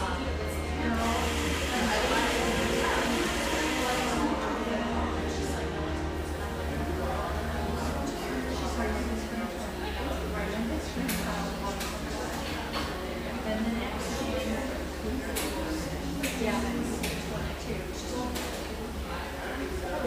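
A neighborhood espresso shop hums with steady, overlapping chatter from many voices. A low machine drone runs underneath throughout, while sharp clinks and knocks of cups and utensils pop up every second or two, thickest in the second half.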